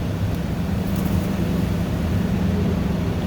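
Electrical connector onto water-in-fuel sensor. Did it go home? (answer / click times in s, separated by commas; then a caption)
no / none. A dollop of electrical grease is put into the plastic electrical connector before it is pushed onto a new water-in-fuel sensor on a Ford 6.0 diesel. Only a steady low rumble, like an idling vehicle, is heard throughout, with no sharp sounds. The connector has not been pushed on and nothing has clicked yet.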